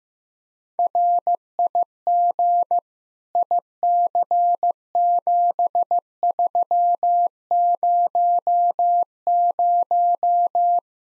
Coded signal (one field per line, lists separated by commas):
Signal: Morse code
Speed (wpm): 15 wpm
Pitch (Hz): 700 Hz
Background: none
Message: RIG IC7300